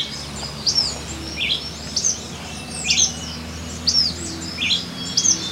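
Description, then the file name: Black-crested tit-tyrant giving repeated high, sharp chirps with some lower notes, steady background hiss and low hum. "Anairetes nigrocristatus - Black-crested Tit-Tyrant"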